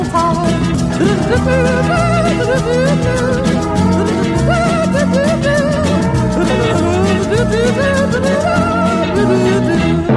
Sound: humming